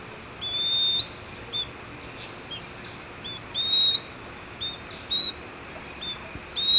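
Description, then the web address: Bird gives short, thin, level whistles, repeated several times, with a brief buzzy trill partway through. "BIRD 2015 SABIOD"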